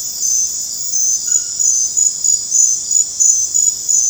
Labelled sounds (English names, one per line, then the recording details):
none
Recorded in dense forest near Puerto Asís, Putumayo, Colombia, on 21 December 2024 at 20:30
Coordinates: 0.481, -76.323
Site G100